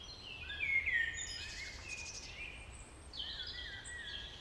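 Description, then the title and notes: Common blackbird singing a short fluty, warbling phrase that ends in thin high notes, while other birds twitter faintly in the background. Early evening, April 2019, Vallée des Traouiero, Trégastel, France; one blackbird with other birds; recorded with MKH 8040 ORTF pair, Sound Devices MixPre-D and Zoom H5. "Vallée des Traouiero, Trégastel, France - Blackbird song [Valley Traouïero]. yponomeutaneko"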